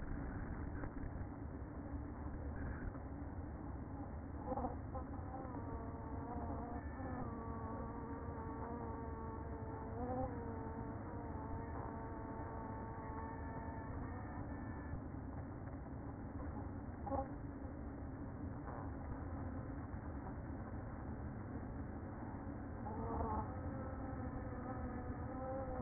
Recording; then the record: honeybee colony, microphone inside the hive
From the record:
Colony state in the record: queen present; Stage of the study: after two queens were removed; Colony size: about 60,000 bees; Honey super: yes